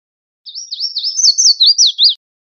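Red-faced warbler song, a fast sequence of high, zigzagging whistled notes that grows slightly louder toward the end of the phrase.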